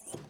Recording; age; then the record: pig call; piglet (1 to 25 days)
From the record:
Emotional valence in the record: negative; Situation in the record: short isolation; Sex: male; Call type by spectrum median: high-frequency call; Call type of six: low-frequency tonal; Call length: 0.30 s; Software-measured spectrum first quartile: 370 Hz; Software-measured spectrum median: 2914 Hz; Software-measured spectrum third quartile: 8790 Hz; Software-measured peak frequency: 353 Hz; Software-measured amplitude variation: 169 dB a second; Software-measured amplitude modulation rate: 26.8 a second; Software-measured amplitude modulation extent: 6.3 dB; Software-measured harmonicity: 5.9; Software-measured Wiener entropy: -2.79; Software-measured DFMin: 1431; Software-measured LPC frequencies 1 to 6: 458, 3093, 5061, 6676, 7638, 9167 Hz